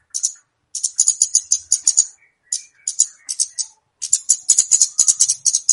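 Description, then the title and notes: Flowerpecker chirps in rapid, high-pitched bursts of sharp ticking notes, broken by short pauses, with a few faint lower squeaks between them. Chirping played as a lure for attracting and catching birds. "Kicau Untuk Pancing Burung Kemade ( Cabe Cabean). Suara Burung Cabe Cabean Pikat"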